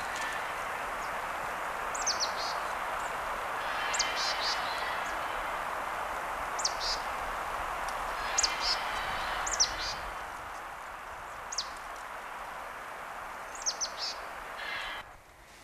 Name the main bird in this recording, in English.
Marsh Tit